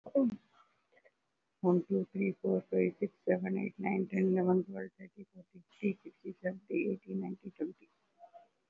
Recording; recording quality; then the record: counting at a fast pace; excellent, no background noise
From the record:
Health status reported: COVID-19 positive, mild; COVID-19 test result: positive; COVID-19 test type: RT-PCR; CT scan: taken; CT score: 2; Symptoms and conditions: sore throat, fatigue, muscle pain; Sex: female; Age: 64 years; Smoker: no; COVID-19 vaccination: both doses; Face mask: worn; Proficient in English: yes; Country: India